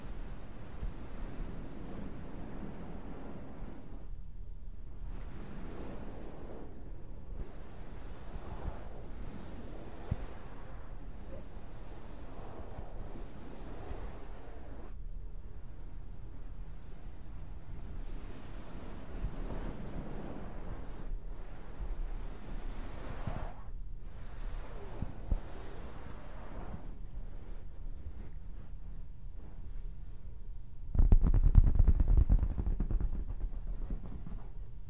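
Fabric scratching and rubbing runs through the whole clip as a dense, rustling hiss that swells and fades in uneven strokes every few seconds. A deep rumble sits underneath throughout. Near the end, around thirty seconds, a louder burst of rough, thumping rubbing stands out.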